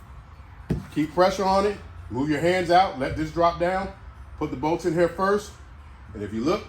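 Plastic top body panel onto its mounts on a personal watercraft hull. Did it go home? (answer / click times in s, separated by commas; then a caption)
yes / 0.7 s. With a helper lifting the top, the plastic top body panel of a Sea-Doo Spark personal watercraft is knocked down onto its two small mounts on the hull. A single sharp click is heard at 0.7 s as the panel seats onto the mounts, and then someone talks.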